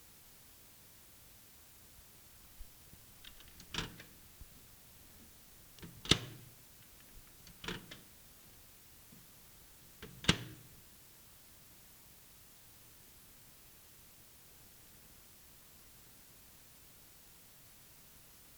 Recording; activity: daily activity, guitar pickup as the sensor; use microwave